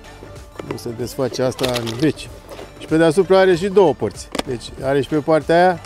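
Plastic snap latches on the lid of a double-sided plastic fishing lure storage box are closed, giving two sharp clicks at 0.6 s and 0.7 s as they seat shut. Someone talks over the rest of the clip, with music in the background.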